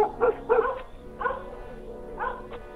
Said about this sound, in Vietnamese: Cậu Quyền lập tức nhổm dậy để nhòm thì bỗng đâu chó lại sủa râm ran ở ngoài nhà.